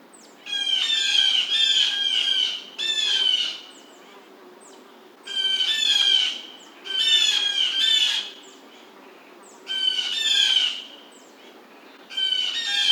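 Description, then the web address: Blue jay calling in repeated bursts of harsh, screechy notes, separated by short pauses. Recorded 27 July 2009. "Blue Jay 2009 07 27"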